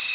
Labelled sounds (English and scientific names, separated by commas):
Ovenbird (Seiurus aurocapilla) flight call